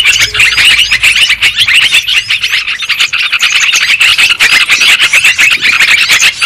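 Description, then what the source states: Lovebirds chattering in a dense, continuous flock chorus of shrill, squeaky twitters and chirps, overlapping throughout. Lure sound played to attract lovebirds for trapping.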